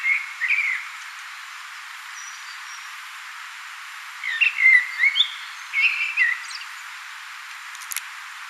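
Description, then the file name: Common blackbird song: a short fluty warble at the start, then after a pause two more mellow phrases ending in thin, squeaky twitters, over steady background hiss. "Turdus merula"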